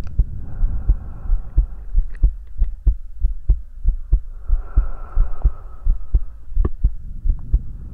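Steady, dull low thumps at about 87 beats a minute, heard close against an adult chest as if the listener's head is hugged to it, with soft airy breath sounds rising and falling every few seconds. A close-up ASMR heartbeat with breathing.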